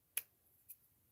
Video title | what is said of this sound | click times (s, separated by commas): CE Tool Den Tool Talk Wednesdays Live! | It snaps right in. | 0.2 s